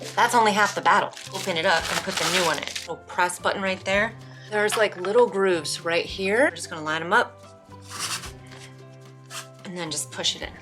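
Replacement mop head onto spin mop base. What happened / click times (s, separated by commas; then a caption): Mop head lined up by hand, not yet seated / none. Someone talks while lining up the grooves of a new replacement mop head with the base of a Yocada spin mop, getting ready to push it on. A faint, brief sound comes at about 9.7 s, but the mop head has not clicked or seated yet.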